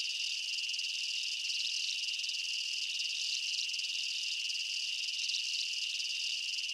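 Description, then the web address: Insects chirping in a dense, unbroken chorus, a steady high shrill band with faint pulsing swells, no other sounds standing out. Night-time jungle ambience of chirping insects and bugs. "Blastwave INSECTS Amb Night Jungle BU. ambience insects chirps night jungle bugs"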